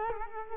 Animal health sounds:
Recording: mosquito wingbeat signal from an infrared sensor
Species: Culex quinquefasciatus

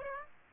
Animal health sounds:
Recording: mosquito wingbeat signal from an infrared sensor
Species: Aedes aegypti

